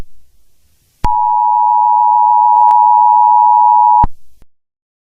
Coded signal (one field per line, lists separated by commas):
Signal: Emergency Alert System (SAME) tones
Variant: 853 and 960 Hz attention tone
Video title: Fake EAS Scenario — The Lurking Ones